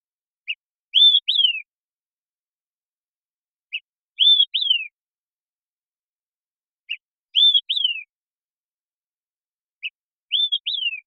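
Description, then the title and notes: Olive-sided flycatcher singing its whistled three-note phrase four times, about every three seconds: a brief pip, then a rising and a descending slurred whistle, with clean silence between. Song sequence captured with a parabolic microphone, keeping natural rhythm and pace; song rendered as "Quick! Three beers!". "Olive-Sided Flycatcher, Contopus cooperi, famous for being the bird that orders, "Quick! Three beers!""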